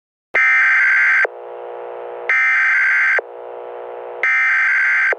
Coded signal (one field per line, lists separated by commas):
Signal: Emergency Alert System (SAME) tones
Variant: header bursts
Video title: End of the World | EAS Apocalypse Simulation